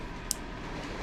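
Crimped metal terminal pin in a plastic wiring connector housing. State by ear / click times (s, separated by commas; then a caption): seated / 0.3 s. A crimped metal terminal pin is gently pushed back into a plastic motorcycle wiring connector housing while someone is trying to unpin the wire terminal. A single sharp, bright click sounds at 0.3 seconds over a low, steady background. The pin re-latches and seats in the housing, clicking back in very easily.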